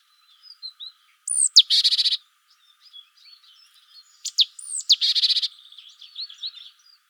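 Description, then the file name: Great tit calls: a sharp high note then a harsh buzzy churr, given twice a few seconds apart, with softer chirps between. "Parus major"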